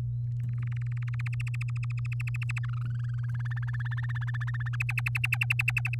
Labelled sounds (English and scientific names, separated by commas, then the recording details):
Domestic Canary (Serinus canaria) song
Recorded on 8 May 2018 at 05:45
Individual llb16